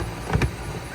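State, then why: Not seated. A plastic tail light access cover on a Highlander is handled as it is pressed back into the interior trim panel after a brake bulb change. Two brief soft knocks at about 0.3 and 0.4 seconds rise over a steady low rumble of background noise. Nothing has seated or clicked yet.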